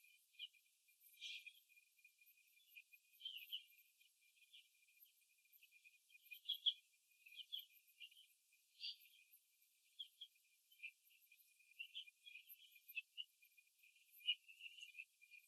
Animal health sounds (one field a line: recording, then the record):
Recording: young laying hens in a cage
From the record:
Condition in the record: before the stressor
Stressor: simulated dog barking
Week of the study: 2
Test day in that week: 3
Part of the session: 2